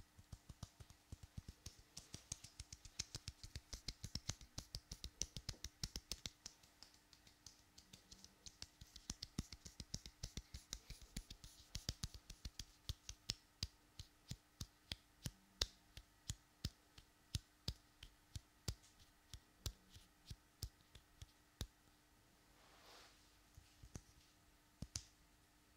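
Long fingernails tap and click in quick, uneven bursts, with a soft brushing sweep near the end and a faint steady hum underneath.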